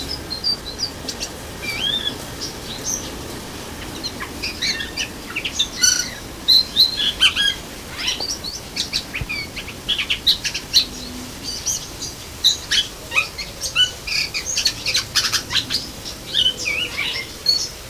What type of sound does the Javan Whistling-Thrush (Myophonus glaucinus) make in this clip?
song